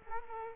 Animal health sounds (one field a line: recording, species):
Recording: mosquito wingbeat signal from an infrared sensor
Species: Culex quinquefasciatus